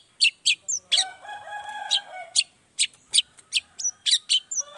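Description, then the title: Long-tailed shrike singing a dense mix of harsh notes, squeaky whistles and a drawn-out nasal, harmonic phrase. Long-tailed shrike singing in the morning with varied 'toet toet' notes, played to provoke other shrikes into responding quickly. "Cendet Gacor Dor Di Kala Pagi Toet Toet Variasi Suara. Cendet Gacor Langsung Nyaut Emosi Hanya dengan Sekali Putar Bikin Cendet Lainya Cepat Respon Bunyi"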